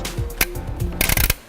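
A tool is twisted in the plastic runner gear mechanism of a vertical blind headrail to turn the runners, giving sharp, loud clicks at 0.4, 1.0 and 1.3 seconds with a quick run of smaller clicks between the last two. The mechanism clicks into place as it is turned.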